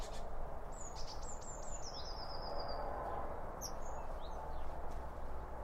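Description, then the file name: Birds twittering: high thin whistles and a descending series of sharp notes, with brief squeaks later, over steady low background noise. Birds around a bird feeder, recorded with two Line Audio OM 1 microphones. "Birds Around Birdfeeding With Two Om 1 From Line Audio"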